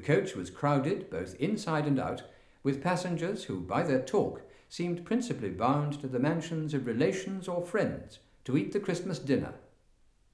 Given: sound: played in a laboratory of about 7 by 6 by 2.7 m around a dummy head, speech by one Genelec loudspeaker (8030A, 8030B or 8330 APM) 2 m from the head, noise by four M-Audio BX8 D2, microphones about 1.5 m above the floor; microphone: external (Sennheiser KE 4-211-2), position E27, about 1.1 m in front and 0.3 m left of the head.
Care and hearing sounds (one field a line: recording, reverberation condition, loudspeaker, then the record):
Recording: male speech in English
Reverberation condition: medium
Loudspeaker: 30 degrees to the left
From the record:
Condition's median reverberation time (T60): about 510 ms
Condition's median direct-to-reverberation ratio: about -0.5 dB